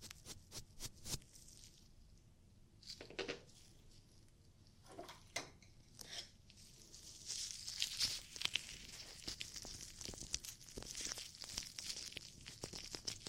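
Ear cleaning sounds: irregular crackly rubs and crinkling scratches, sparse at first, then denser and brighter, with sharp clicks throughout.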